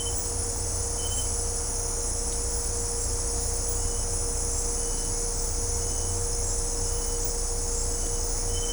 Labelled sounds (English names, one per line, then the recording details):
none
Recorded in dense forest near Puerto Asís, Putumayo, Colombia, on 20 December 2024 at 18:00
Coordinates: 0.503, -76.323
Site G043